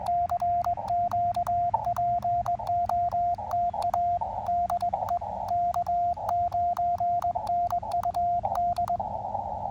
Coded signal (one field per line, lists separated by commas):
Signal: Morse code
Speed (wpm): 21 wpm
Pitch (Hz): 700 Hz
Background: radio noise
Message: CQ POTA DE K9NUD